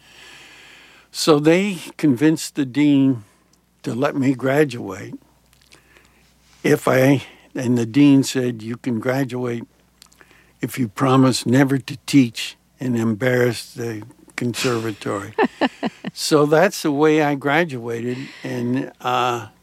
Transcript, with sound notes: So they convinced the dean to let me graduate if I - and the dean said, you can graduate if you promise never to teach and embarrass the conservatory.
(Laughter).
So that's the way I graduated. And